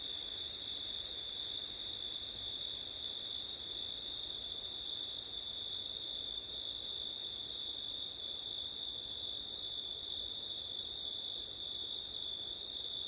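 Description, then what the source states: Crickets chirring in a bright double-pitched trill, the highest layer breaking once briefly early on. Crickets on a windy September night, ORTF stereo microphone setup.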